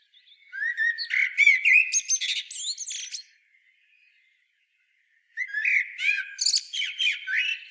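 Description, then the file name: Common blackbird gives a burst of rapid, high chirps and squeaky twittering notes, then a quiet gap of about two seconds before more chattering notes resume. "Turdus merula"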